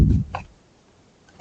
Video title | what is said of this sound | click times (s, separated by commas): Samsung Freestyle Projector No Power Fix - LSP3B Board-Level Repair - Full Teardown | So, now it clicked in place. | 0.4 s